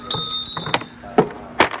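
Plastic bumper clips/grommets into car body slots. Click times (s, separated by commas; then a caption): 1.2 s, 1.6 s. A rear bumper on a Model Y, fitted with a Viento ABS plastic replacement diffuser with removable hitch cover, is pushed back onto the car, starting with the bottom grommet so its plastic clips and grommets go into the car body slots. After some soft rustling and handling noise, sharp clicks are heard at 1.2 s and 1.6 s as the clips lock into place and seat.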